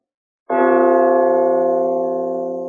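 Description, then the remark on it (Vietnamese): A single large bronze bell hanging on a city wall outside the city gate is struck once with a palm, its rich layered tone ringing out loudly and sustaining with a slow, steady decay. “Một tiếng chuông hùng hậu xa xưa vang lên”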